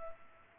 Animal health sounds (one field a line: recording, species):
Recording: mosquito wingbeat signal from an infrared sensor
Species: Culex pipiens